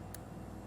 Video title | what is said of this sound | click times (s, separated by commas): Nikon D3300 Camera Start Settings | now it's locked okay and I can very carefully | 0.2 s